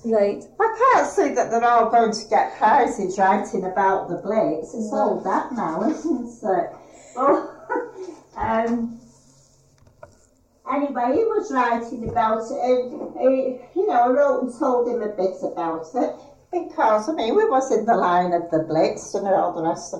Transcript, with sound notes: I can't see that they're all going to get prizes writing about the Blitz, it's all that now isn't it? [laughs] Anyway he was writing about it and he, you know I wrote and told him a bit about it because I mean we was in the line of the Blitz and all the rest of it.